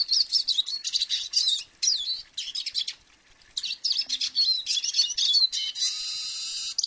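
Bird twittering almost continuously, a busy run of high squeaky chirps and slurred notes broken by one brief pause midway.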